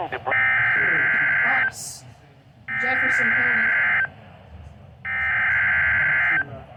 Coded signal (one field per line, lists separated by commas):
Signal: Emergency Alert System (SAME) tones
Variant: header bursts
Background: speech